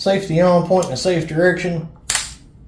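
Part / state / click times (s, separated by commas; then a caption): air source adapter onto air tank of launcher / seated / 2.1 s. Someone talks, then the air source adapter lever on a PepperBall VKS launcher is engaged against its compressed-air tank, giving one loud, sharp click at 2.1 s. The adapter is seated, and the click is taken as a good sign.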